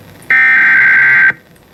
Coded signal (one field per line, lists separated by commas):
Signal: Emergency Alert System (SAME) tones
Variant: header bursts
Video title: EAS #4 and #5: Severe Thunderstorm Warnings for Clay, Wichita and Tarrant Counties